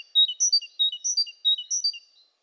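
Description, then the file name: Great tit giving rapid, high, thin chirps in three quick clusters that step down in pitch. "Parus major"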